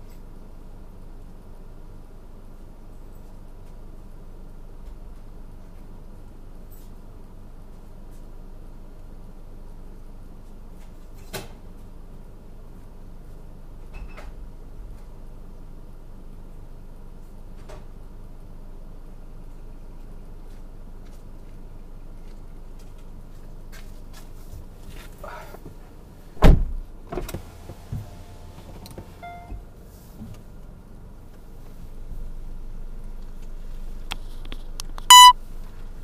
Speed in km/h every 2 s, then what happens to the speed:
0, 0, 0, 0, 0, 0, 0, 0, 0, 0, 0, 0, 0, 0, 0, 0, 0, 0.
0-36 standing.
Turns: none.